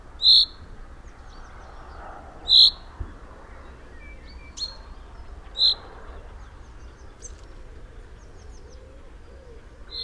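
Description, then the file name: Common chaffinch calling with a few short bright notes spaced a few seconds apart, with faint scattered ticks and chirps between them. "Common-Chaffinch- -Fringilla-coelebs"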